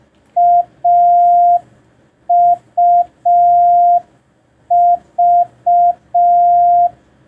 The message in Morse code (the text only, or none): AUV